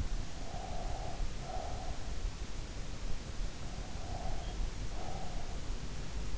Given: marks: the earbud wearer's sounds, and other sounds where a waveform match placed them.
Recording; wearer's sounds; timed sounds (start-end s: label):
sounds in sleep by an in-ear microphone; breath
0.36-1.95 s: breath
4.02-5.70 s: breath